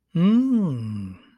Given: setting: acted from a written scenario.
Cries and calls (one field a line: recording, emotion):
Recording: vocal sound without words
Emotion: romantic love